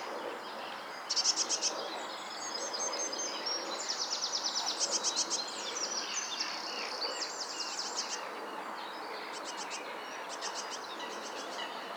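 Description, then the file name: Eurasian blue tit churring and chattering in high, buzzy trills, one longer run in the middle and shorter bursts later, with a continuous hiss behind. "Cyanistes caeruleus"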